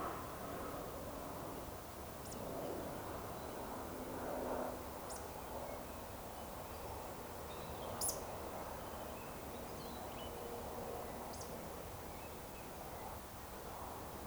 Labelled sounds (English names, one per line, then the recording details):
Eurasian Woodcock
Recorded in Baden-Württemberg, Germany, on 30 June 2020 at 20:02 UTC
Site 43791, 788 m above sea level